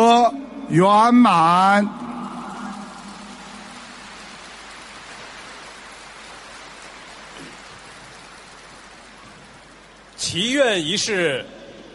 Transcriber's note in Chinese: 掌声